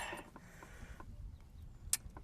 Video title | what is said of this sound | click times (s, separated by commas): 2001 Cadillac Northstar Starter and valve cover replacement | I heard the click. | 1.9 s